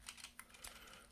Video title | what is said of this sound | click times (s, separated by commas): Tcvents Transforming Toy Deformation Robot Car Take Apart Toy (set of 3) My short review | and the side clips like this you have two cyclips and you just push it in until it snaps | 0.4 s